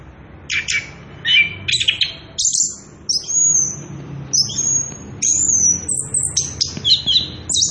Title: Anis Kembang Gacor. pancingan anis kembang ngerol edan masteran trotolan